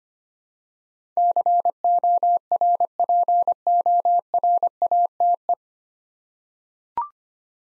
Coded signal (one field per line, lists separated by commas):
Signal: Morse code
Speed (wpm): 25 wpm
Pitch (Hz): 700 Hz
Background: none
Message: CORPORATE